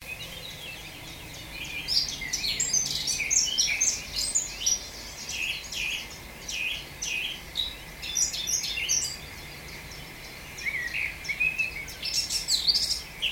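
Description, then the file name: Eurasian blackcap song, a scratchy run of quick high chirps and warbled notes in short bursts, with a softer twittering phrase near the end over steady background hiss. "Sylvia atricapilla"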